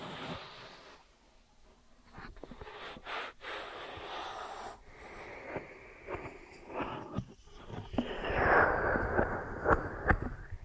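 Ear and scalp massage and cleaning, heard as soft rubbing and scratchy brushing that comes and goes throughout. Short crackly clicks and taps break in every second or so, and the rubbing grows fuller and louder after about eight seconds.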